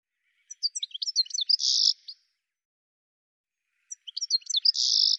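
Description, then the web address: Bird song: a quick jumble of high chirps and twittering notes ending in a dense buzzy trill, given twice with a silent pause between. "cianscape birddata"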